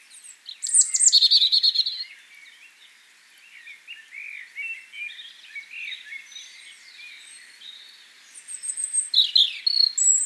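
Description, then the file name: European robin singing, a loud trilled phrase opens, then soft twittering notes, and another bright high phrase returns at the end. "Erithacus rubecula"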